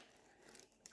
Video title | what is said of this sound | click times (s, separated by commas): Dior Addict Beauty Set unboxing | click sound look how beautiful Dior right here | 0.9 s